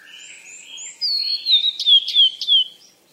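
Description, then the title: Bird twitter: faint high notes, then a long whistled tone broken by several sharp chirps, falling away at the end. Birds described as playing or frolicking. "鸟儿嬉戏声"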